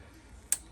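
A fuel line quick-connect fitting on a G82 M4 is pushed back onto its fuel line, and a single sharp click sounds at 0.5 s over quiet background. The fitting is seated.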